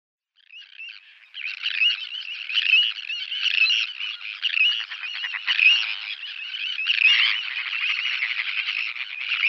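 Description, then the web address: Sandwich tern calls start faintly, then swell into a continuous chorus of harsh, rasping cries from several birds. "Schulze Peter Sandwich Tern"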